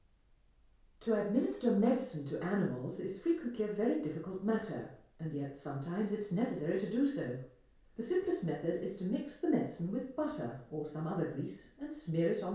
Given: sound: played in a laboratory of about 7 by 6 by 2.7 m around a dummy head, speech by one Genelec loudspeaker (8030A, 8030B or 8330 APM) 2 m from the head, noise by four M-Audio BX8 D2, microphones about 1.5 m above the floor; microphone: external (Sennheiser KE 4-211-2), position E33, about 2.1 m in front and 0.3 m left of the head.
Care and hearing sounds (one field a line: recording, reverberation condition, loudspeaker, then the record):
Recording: female speech in English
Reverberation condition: medium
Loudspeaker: 60 degrees to the left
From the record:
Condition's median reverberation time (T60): about 510 ms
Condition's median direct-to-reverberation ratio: about -0.5 dB